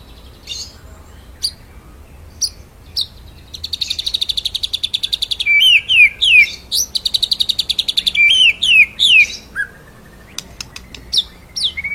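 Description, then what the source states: White-rumped shama singing a rapid buzzy trill mixed with bright descending whistled slurs, rolling on for several seconds between a few sharp high chips. Masteran recording, a training song played to teach songbirds, with full rolling (ngerol) song and forceful shooting (nembak) phrases.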